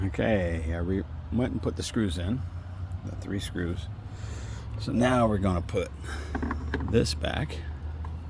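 Someone talks while handling a replacement fuel filler cap assembly that will go into a van's filler neck housing, with a steady low hum underneath and a brief sharp sound near 8.1 s. Nothing has seated or clicked into place yet.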